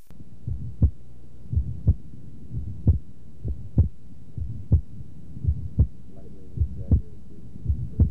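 Low-pitched heart sounds at about 56 beats a minute, each cycle a softer first sound followed by a sharper second sound. Physiologic splitting of S2, a normal finding: on inspiration aortic then pulmonary closure are heard separately, usually more than 25 milliseconds apart, merging into a single sound on expiration. Heard best with the stethoscope diaphragm at the upper left sternal border.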